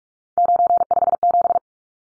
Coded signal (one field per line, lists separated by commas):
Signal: Morse code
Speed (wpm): 44 wpm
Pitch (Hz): 700 Hz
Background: none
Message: 957